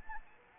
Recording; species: mosquito wingbeat signal from an infrared sensor; Anopheles arabiensis